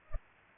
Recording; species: mosquito wingbeat signal from an infrared sensor; Culex pipiens